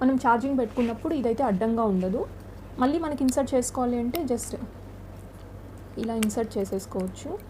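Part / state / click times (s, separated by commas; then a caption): detachable battery door on an action camera body / not seated / none. A woman talks while the detachable battery door of a GoPro Hero9 action camera, taken off so it isn't in the way during charging, is put back onto its hinge on the camera body. Only speech and faint handling are heard, with quiet gaps between phrases. The door has not been pressed shut or locked yet, and nothing has seated or clicked.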